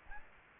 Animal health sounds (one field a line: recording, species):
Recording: mosquito wingbeat signal from an infrared sensor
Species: Aedes albopictus